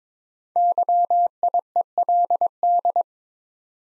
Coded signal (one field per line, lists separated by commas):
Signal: Morse code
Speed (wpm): 22 wpm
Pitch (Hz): 700 Hz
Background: none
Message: YIELD